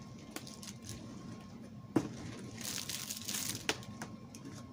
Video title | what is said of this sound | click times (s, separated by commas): What You Need To Start Diamond Painting | popcorn when they're locked into place when they're popping they are locked into place so | 0.4 s, 2.8 s, 2.9 s, 3.1 s, 3.3 s, 3.7 s